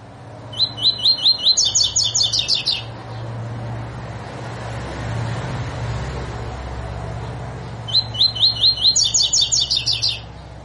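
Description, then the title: Double-collared seedeater song: a phrase of upslurred whistled notes speeding into a faster, harsher trill, given twice about seven seconds apart over a low background hum. Tutor song used to train birds; 'tui tui fibra' song style. "COLEIRO TUI TUI FIBRA CANTO PROFESSOR"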